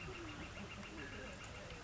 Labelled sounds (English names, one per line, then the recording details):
Northern Flicker
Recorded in Sonoma County, California